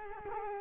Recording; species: mosquito wingbeat signal from an infrared sensor; Culex quinquefasciatus